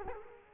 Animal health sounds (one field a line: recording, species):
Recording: mosquito wingbeat signal from an infrared sensor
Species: Culex quinquefasciatus